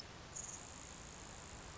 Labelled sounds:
Grasshopper Sparrow (Ammodramus savannarum)
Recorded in Sonoma County, California

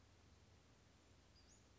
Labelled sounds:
Western Flycatcher (Empidonax difficilis)
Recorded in Sonoma County, California

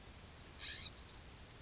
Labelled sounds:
Oak Titmouse (Baeolophus inornatus)
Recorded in Sonoma County, California

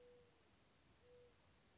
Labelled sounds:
Mourning Dove (Zenaida macroura)
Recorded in Sonoma County, California

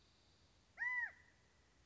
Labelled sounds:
California Quail (Callipepla californica)
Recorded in Sonoma County, California

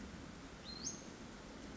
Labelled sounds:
Western Flycatcher (Empidonax difficilis)
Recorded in Sonoma County, California

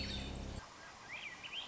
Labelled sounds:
Swainson's Thrush (Catharus ustulatus)
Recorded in Sonoma County, California

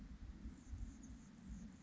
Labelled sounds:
Anna's Hummingbird (Calypte anna)
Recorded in Sonoma County, California

